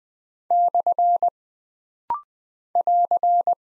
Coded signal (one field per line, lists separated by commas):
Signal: Morse code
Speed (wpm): 20 wpm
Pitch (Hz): 700 Hz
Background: none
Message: / <AR>